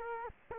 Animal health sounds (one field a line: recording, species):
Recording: mosquito wingbeat signal from an infrared sensor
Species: Culex quinquefasciatus